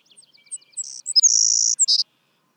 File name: Savannah Sparrow